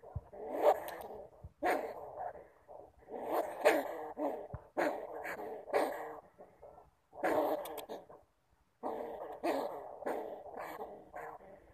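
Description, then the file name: Bamboo rat calls: hoarse bursts in irregular clusters, separated by brief silent gaps. "Tieng dui keu"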